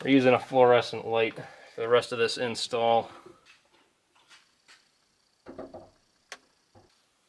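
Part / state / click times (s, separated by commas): side mirror assembly onto door mount / seated / 6.3 s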